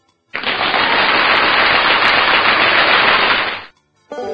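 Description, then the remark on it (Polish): A loud, dense burst of applause: many hands clapping in a steady, crackling roar for about three seconds before cutting off, with no voices over it. “Brawa dla Niemców!”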